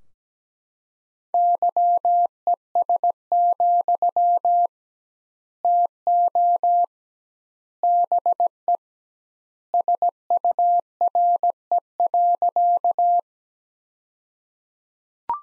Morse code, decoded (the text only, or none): YES, TO BE SURE.